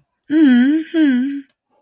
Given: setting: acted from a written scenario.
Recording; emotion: vocal sound without words; positive surprise